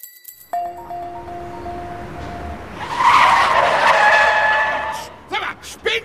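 A car brakes hard, its tires letting out a long, steady high-pitched squeal that swells into a loud, rough skidding screech, then cuts off into a few short knocks.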